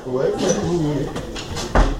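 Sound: door being closed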